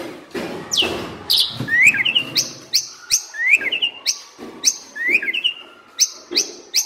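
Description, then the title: Asian pied starling song with repeated phrases: a high sharp whistle followed by a lower warbled twist. Training song (masteran) meant to fix birds that sing too little and are sluggish. "Masteran Jalak Suren Atasi Burung KURANG GACOR Dan LOYO"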